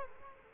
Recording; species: mosquito wingbeat signal from an infrared sensor; Culex quinquefasciatus